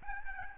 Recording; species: mosquito wingbeat signal from an infrared sensor; Aedes albopictus